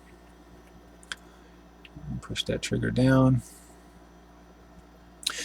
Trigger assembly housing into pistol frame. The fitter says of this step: and we're just going to push that down, and it'll click in place.